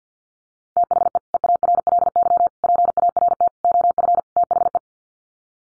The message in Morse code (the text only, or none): THE EARLY PART OF THE